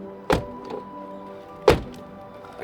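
At 0.3 s a short, heavy thunk cuts through background music, the sound of a small door closing and catching. A second, equally strong thunk follows at 1.7 s, so the latching moment is less clear-cut.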